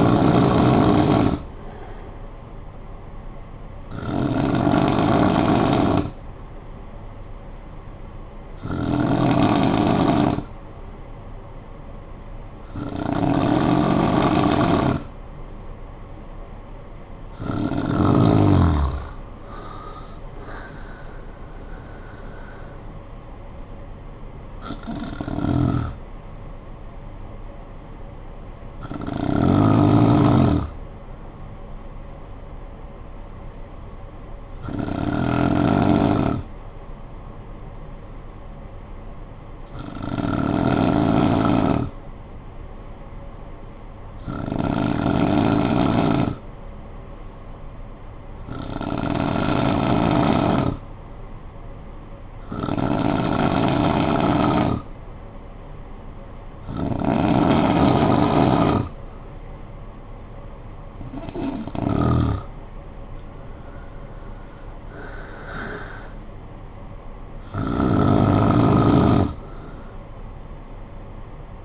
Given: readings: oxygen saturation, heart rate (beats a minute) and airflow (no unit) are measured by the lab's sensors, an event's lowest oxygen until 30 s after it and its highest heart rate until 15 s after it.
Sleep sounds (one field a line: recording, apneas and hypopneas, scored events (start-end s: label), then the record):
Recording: breathing in sleep by a smartphone at the bedside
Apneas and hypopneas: 1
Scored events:
22.00-71.65 s: new sleep stage, N2 (light sleep)
36.00-60.10 s: hypopnea (N2, oxygen 96% highest, then 89% lowest, heart rate 52 at the start, 71 highest)
From the record:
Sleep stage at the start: N3 (deep sleep)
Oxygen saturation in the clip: 89 to 96%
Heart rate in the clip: 52 to 73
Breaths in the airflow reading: 16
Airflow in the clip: -11.0 to 8.3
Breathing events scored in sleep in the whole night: 445 in 7.6 hours asleep